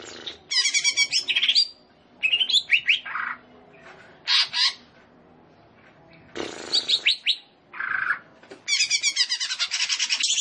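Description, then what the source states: Leafbird song: loud, chattering phrases with rising and falling whistled notes, ending in a long fast rattling trill. Indonesian name cucak ijo; described as gacor, singing vigorously.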